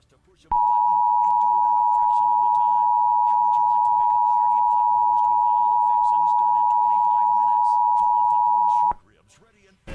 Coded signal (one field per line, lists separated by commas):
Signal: Emergency Alert System (SAME) tones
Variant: 853 and 960 Hz attention tone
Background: speech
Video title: EAS - Get Away From Webbers Falls